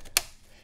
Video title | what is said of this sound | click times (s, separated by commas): Tesla Model 3 - How to Replace 12V Battery | and it clicks | 0.2 s